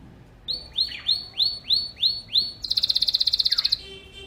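Bird song: seven clear, bright down-slurred notes, then a rapid buzzy trill lasting about a second.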